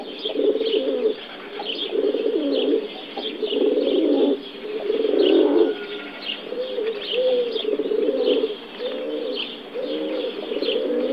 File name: holub-skalní